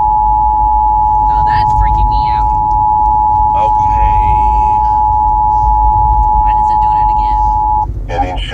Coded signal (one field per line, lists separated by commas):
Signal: Emergency Alert System (SAME) tones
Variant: 853 and 960 Hz attention tone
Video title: End Of The World Prank Scares My Son After School! | Fake Alien Invasion EAS Radio Broadcast